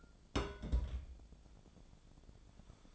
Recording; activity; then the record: daily activity, microphone in the room; place on stove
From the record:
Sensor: 5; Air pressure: 1000.1 hPa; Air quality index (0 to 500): 95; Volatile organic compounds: 1 ppm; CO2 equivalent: 773 ppm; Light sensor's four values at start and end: 334/790/342/383 and 336/792/344/385